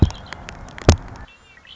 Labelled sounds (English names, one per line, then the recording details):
Red-winged Blackbird
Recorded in Sonoma County, California